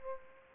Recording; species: mosquito wingbeat signal from an infrared sensor; Aedes aegypti